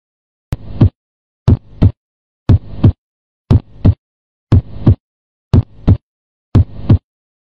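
Heartbeat heard through a medical stethoscope: seven evenly spaced paired low thumps, a lub-dub pattern at about 59 beats a minute. The rhythm is steady, with clear silence between beats and no added sounds.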